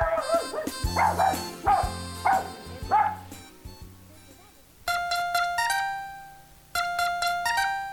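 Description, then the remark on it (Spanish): A dog barks four times in a steady rhythm over a low, humming musical bed, then the barking gives way to a bright, ringing chime melody that plays on its own; the jingle introduces the segment 'Los consejos del perrito Pipo' on the children's show Niños y Alegría, La Voladora Radio 97.3 FM. “Los consejos del perrito Pipo.”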